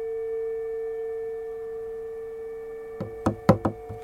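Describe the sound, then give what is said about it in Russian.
Four sharp knocks on a door in quick succession, the second and third loudest, over a steady low electrical hum that fills the quiet before them. “Проснулся я от того, что в дверь снова постучали.”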